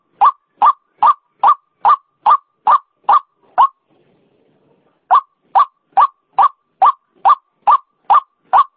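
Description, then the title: White-breasted waterhen repeating a single note a little over twice a second, a pause of over a second, then the same series resuming. Female call, used as a lure sound. "Suara Pikat Ruak Ruak Betina"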